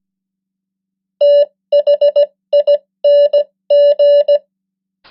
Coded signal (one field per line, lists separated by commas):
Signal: Morse code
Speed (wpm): 17 wpm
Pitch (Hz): 580 Hz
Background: none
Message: THING